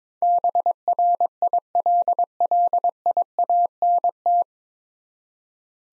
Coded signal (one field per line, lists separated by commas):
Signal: Morse code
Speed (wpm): 22 wpm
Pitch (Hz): 700 Hz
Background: none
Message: BRILLIANT